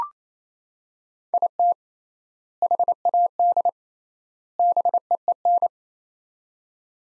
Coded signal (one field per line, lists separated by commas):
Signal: Morse code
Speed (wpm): 28 wpm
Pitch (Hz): 700 Hz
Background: none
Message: IT HAD BEEN